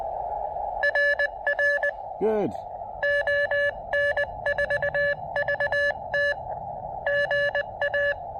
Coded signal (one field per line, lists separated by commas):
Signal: Morse code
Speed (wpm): 19 wpm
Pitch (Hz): 1700 Hz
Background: speech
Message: RR ON4VT GA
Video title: Side trail POTA ATNO at Boisé des Compagnons-de-Cartier in Québec City